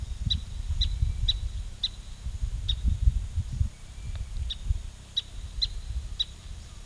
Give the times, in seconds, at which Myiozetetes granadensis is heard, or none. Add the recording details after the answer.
0.00-6.27. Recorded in pastures near Puerto Asís, Putumayo, Colombia, on 18 February 2024 at 13:00. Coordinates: 0.486, -76.323. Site G6462